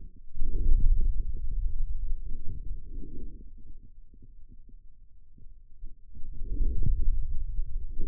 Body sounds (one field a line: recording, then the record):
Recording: forearm muscle sounds (acoustic myography)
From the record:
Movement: hand closing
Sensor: system 2, bracelet of six BSWA MPA416 microphones around the upper forearm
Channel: 6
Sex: male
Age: 22 years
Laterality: right